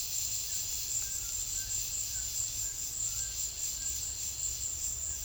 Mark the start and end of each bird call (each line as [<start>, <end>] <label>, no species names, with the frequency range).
[0.95, 4.01] bird call (1.0-1.9 kHz)